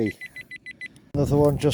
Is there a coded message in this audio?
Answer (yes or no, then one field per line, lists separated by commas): no